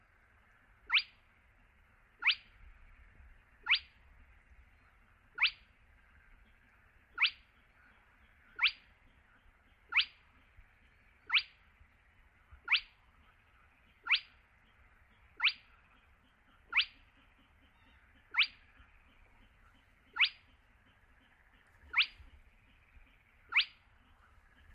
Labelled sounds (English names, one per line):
Spotted Crake